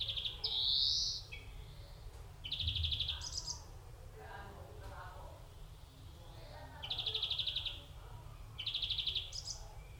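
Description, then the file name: European greenfinch opening with a rising wheezy buzz, then several separated rattling trills and higher buzzy notes. "Chloris chloris"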